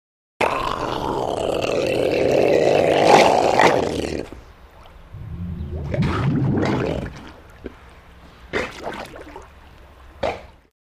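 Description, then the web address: Seal or sea lion giving a long, harsh roaring groan, then a lower rumbling moan and a few short, gruff grunts toward the end. "seals- amp;-sea-lions"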